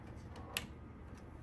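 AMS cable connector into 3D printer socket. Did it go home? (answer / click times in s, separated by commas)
yes / 0.6 s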